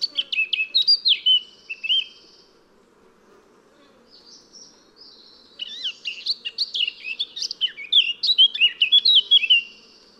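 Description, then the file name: Eurasian blackcap singing: a fast scratchy warble with clear whistled notes in two bursts, one at the start and another after a pause. "Sylvia atricapilla"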